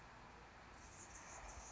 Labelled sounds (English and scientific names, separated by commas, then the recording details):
Anna's Hummingbird (Calypte anna)
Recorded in Sonoma County, California